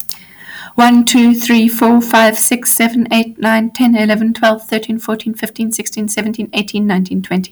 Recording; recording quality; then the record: counting at a fast pace; excellent, no background noise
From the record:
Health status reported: respiratory illness, not identified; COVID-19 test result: negative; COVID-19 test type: RT-PCR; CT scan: not taken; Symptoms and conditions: asthma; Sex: female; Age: 34 years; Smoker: no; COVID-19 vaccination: both doses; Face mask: not worn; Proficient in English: yes